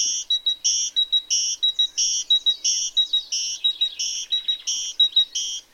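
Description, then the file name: Great tit song, a bright two-note phrase repeated steadily about nine times, high clear notes alternating in a see-saw teacher-teacher rhythm. "Parus major"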